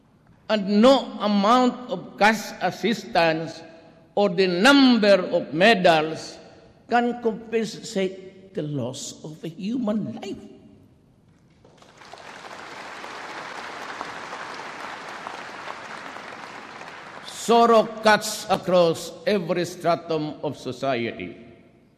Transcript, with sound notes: And no amount of cash assistance or the number of medals can compensate the loss of a human life. [applause] Sorrow cuts across every stratum of society.